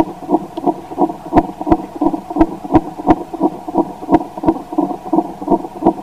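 A rapid heartbeat, about 170 beats per minute.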